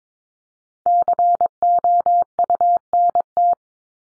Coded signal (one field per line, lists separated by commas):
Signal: Morse code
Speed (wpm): 22 wpm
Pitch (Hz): 700 Hz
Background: none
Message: COUNT